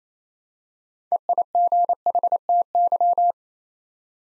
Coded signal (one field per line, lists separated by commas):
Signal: Morse code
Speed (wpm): 27 wpm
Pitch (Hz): 700 Hz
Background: none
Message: EIGHTY